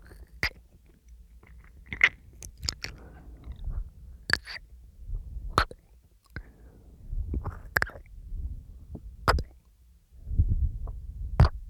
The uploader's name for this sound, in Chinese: 吃果果